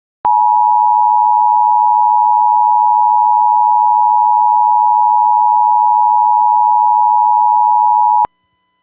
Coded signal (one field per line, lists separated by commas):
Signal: Emergency Alert System (SAME) tones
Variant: 853 and 960 Hz attention tone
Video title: (Ultra rare) coastal flood warning in Delaware ￼(EAS 80)